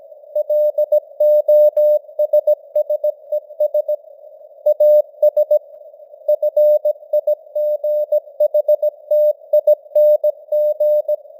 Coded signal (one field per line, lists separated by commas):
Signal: Morse code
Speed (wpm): 17 wpm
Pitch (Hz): 600 Hz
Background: none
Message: LOSSES AS FIGHTING